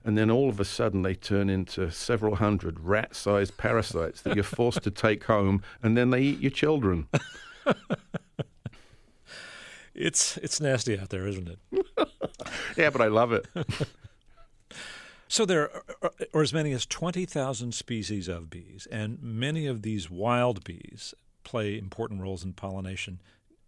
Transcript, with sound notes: and then all of a sudden they turn into several hundred rat-sized parasites that you're forced to take home, and then they eat your children.
(Laughing) It's nasty out there, isn't it?
(Laughing,) Yeah, but I love it.
So there are as many as 20,000 species of bees, and many of these wild bees play important roles in pollination.